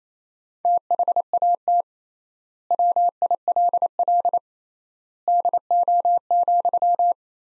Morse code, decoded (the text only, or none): THAT WILL DO,